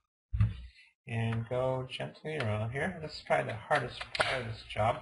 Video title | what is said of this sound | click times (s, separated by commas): Acer Aspire 5742z 5742 Laptop Screen Replacement Procedure | and listen for the snapping sounds if you hear snapping sounds that's good it's not breaking | 0.4 s